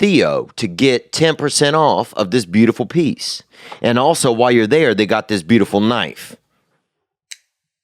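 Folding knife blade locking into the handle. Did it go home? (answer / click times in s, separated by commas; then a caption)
yes / 7.3 s. A small folding pocket knife, shown as a sponsor item, is flicked open after someone talks for about six seconds. After a short silence, its blade locks into the handle with a single sharp click at 7.3 seconds, confirming it has locked open.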